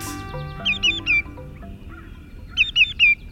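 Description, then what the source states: Greater Yellowlegs calling: two bursts of three clear, loud, downslurred whistled notes in quick succession. Shorebird with bright yellow legs and feet, wading in shallow water to find insects and small fish on dark bottoms.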